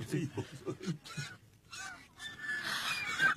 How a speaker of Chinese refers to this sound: 皇上，看，天鹅。 天鹅落到翠微宫宫顶上了。哎呀！他们引吭欢叫，翩翩起舞，实在是有趣啊。